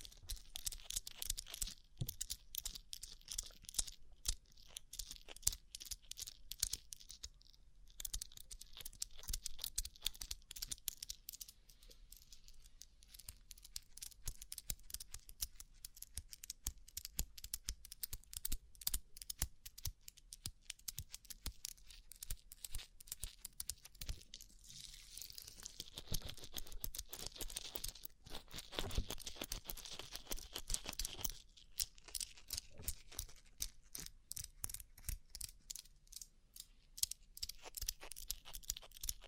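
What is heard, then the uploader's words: Rhinestone-covered surfaces are tapped with fingernails in a constant stream of sharp, bright clicks, quick and uneven like typing. The taps run densely for the whole 39 seconds, with brief thinner patches near 8, 28 and 31 seconds, and a faint crinkling texture underneath. ASMR Rhinestone Covered Tapping 3Dio (No Talking).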